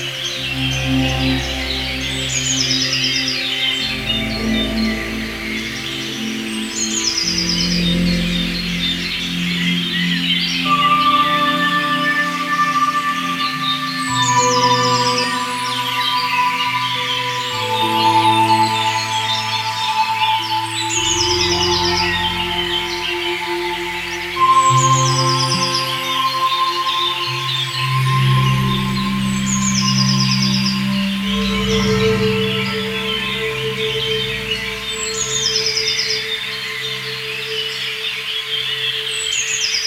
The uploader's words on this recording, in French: Variations pour synthétiseurs préparés et oiseaux du printemps. Dans les petits bois qui entoure mon lieu de vie et de création à Mittlach. Vous entendrez plusieurs couches mélodiques produites à partir de synthétiseurs modulaires jouant chaque note de musique de manière aléatoire (hauteurs, durées, vélocités...) à partir d'une programmation informatique.